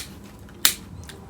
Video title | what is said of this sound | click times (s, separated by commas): Real Fake Airpods -- BOUJEE ON A BUDGET | you can you can hear the snaps | 0.7 s